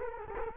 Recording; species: mosquito wingbeat signal from an infrared sensor; Culex quinquefasciatus